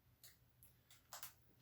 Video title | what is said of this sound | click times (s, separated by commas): Camera and Microphone | well a nice soft click i should say | 1.1 s